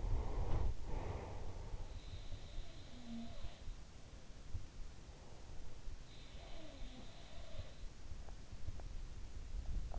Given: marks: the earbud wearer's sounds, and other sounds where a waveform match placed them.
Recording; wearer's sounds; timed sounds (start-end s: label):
sounds in sleep by an in-ear microphone; breath
0.00-1.58 s: breath
1.88-4.37 s: sound from someone else or the room
6.02-8.21 s: sound from someone else or the room
8.48-9.99 s: sound from someone else or the room